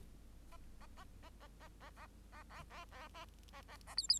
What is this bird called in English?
Bengalese Finch